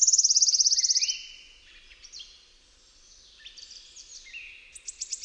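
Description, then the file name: Wood warbler song: a high shivering trill opens, followed by softer, varied chirping notes and the start of another ticking series. "SWISTUNKALESNA"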